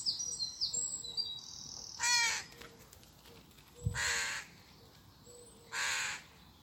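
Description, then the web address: Bird calling with rough, grating caws, three spread over several seconds, following a few high thin whistled notes from other birds at the start. "Deverinetal 2025 File origin Bird Only"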